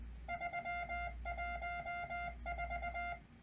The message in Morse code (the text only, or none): 314